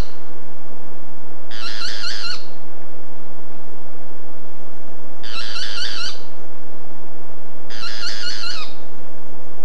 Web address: cantos pitangua